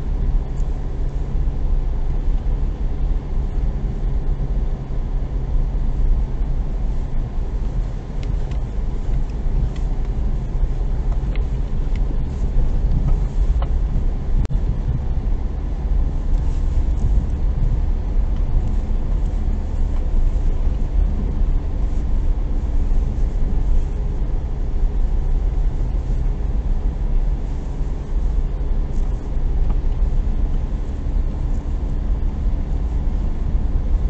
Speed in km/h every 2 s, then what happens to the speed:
20, 20, 19, 19, 20, 20, 20, 20, 22, 21, 21, 20, 20, 20, 20, 21, 21.
0-34 steady at about 20.